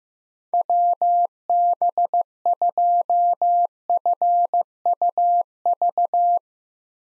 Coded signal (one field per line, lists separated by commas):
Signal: Morse code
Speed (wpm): 15 wpm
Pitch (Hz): 700 Hz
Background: none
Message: WB2FUV